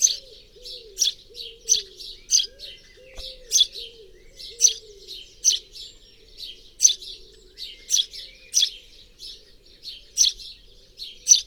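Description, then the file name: House sparrow calling with loud, clipped chirps in quick succession, faint low cooing through the first half. "Passer domesticus"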